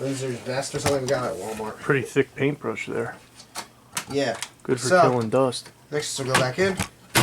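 People talk while a part of a vintage 1990s Compaq Presario desktop case is handled before being pushed back into the computer chassis, with a sharp handling knock at about 4.0 s. Nothing has seated or clicked yet when the clip ends.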